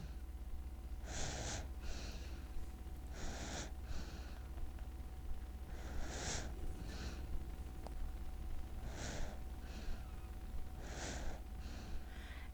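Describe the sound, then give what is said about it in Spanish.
A baby's soft, rhythmic breathing: breathy inhale-exhale pairs recurring every couple of seconds, some with a slightly snuffly edge, over a steady low background hum. “Esto que escuchamos es una respiración, sí, de bebé.”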